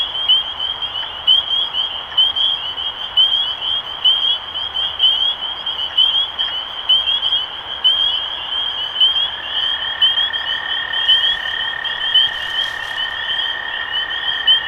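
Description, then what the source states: A chorus of spring peepers gives piercing high peeps over and over, densely layered; a steady lower droning tone joins partway through. Recorded 23 March 2012.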